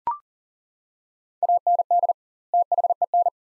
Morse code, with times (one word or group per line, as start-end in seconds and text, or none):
1.4-2.1 AND
2.5-3.3 THEN